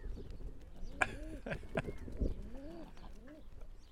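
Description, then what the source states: Common eider calls: soft, crooning arched notes repeated several times, with a few sharp clicks and a low rumble. Three females and three males on a beach by a harbour in Northumberland, UK, with another female arriving; a marine duck giving a cacophony of different vocalizations.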